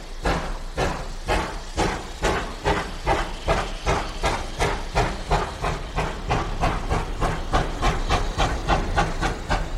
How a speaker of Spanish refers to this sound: Señor, ya estamos en plena marcha, este tren de vapor, este tren lleno de energía.